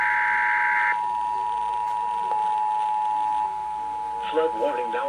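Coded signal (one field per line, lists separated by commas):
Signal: Emergency Alert System (SAME) tones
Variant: 853 and 960 Hz attention tone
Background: speech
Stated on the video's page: Real flood warnings received on NOAA Weather Radio transmitter WXJ84 and broadcast stations.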